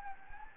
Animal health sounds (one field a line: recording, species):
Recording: mosquito wingbeat signal from an infrared sensor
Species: Anopheles gambiae